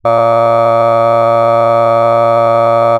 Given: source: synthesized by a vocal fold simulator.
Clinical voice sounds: sustained vowel; male; cycle-to-cycle stiffness perturbation (roughness), level 4 of 10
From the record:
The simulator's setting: 2.05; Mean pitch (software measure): 115 Hz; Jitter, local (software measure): 1.12%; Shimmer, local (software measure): 4.5%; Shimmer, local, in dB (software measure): 0.39 dB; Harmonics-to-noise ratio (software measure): 18.5 dB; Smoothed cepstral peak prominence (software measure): 20.9 dB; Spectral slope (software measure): -17.1 dB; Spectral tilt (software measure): -11.3 dB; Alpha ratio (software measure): -7.6 dB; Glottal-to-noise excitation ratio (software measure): 0.995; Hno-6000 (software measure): 2.4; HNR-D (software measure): 23.3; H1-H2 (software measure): 5.0 dB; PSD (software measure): 8.0e-05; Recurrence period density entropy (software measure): 0.108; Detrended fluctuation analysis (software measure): 0.0549

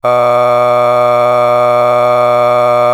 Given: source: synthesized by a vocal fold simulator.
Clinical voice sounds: sustained vowel; male; a random mix of aspiration noise, stiffness perturbation and strain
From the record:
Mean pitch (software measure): 122 Hz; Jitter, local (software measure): 0.87%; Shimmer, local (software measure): 4.2%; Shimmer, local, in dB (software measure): 0.37 dB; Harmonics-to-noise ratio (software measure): 17.5 dB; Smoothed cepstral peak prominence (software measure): 18.3 dB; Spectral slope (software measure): -15.5 dB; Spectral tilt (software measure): -9.9 dB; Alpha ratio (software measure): -5.9 dB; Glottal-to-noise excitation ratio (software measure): 0.962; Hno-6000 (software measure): 2.1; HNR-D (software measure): 26.2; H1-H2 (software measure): 2.3 dB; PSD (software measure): 7.9e-05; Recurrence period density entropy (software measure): 0.113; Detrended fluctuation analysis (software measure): 0.0339

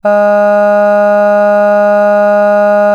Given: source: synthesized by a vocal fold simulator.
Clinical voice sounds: sustained vowel; female; none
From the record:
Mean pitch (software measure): 206 Hz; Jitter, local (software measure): 0.19%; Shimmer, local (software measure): 1.5%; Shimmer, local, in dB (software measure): 0.13 dB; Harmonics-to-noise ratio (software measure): 31.6 dB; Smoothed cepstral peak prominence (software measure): 18.8 dB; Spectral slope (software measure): -21.9 dB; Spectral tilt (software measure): -8.5 dB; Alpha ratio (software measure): -12.4 dB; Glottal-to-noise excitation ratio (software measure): 0.974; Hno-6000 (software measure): 2.4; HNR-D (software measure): 40.5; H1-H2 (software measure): 9.5 dB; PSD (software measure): 1.8e-05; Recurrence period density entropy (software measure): 0.130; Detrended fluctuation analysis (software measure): 0.0275

